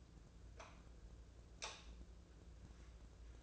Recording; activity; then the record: daily activity, microphone in the room; light on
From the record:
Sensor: 2